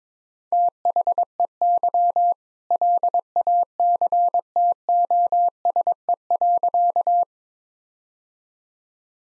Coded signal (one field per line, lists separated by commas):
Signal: Morse code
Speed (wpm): 22 wpm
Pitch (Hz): 700 Hz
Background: none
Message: THEY LACTOSE.